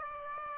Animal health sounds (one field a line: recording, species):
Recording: mosquito wingbeat signal from an infrared sensor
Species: Aedes aegypti